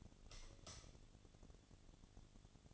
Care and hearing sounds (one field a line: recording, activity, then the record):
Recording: daily activity, microphone in the room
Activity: light off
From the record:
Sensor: 4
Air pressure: 1010.7 hPa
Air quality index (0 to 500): 171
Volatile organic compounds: 5 ppm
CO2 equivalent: 1737 ppm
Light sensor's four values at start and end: 39/112/44/45 and 38/110/44/45